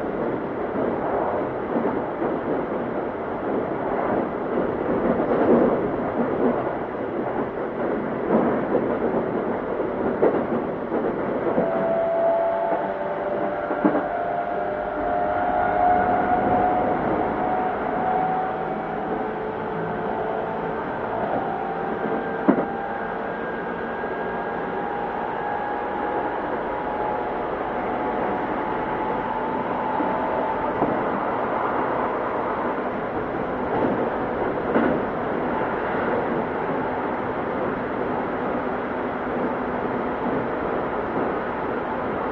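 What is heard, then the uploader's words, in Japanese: A commuter train runs at steady speed, a dense, constant rumble with a muffled top end. Rail joints click and thump irregularly throughout, a motor whine rises in pitch between about 12 and 20 seconds, and a sharp knock lands near 22 seconds. 京急2100形 横浜〜三崎口。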